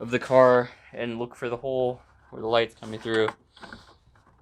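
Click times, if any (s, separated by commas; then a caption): none. Someone talks while handling a city/parking light bulb socket at the headlight housing of an MK5 Jetta or Golf GTI, about to push it in firmly until it clicks. Only faint, brief ticks are heard near 4.2 and 4.4 seconds at the very end, and nothing has seated or clicked yet.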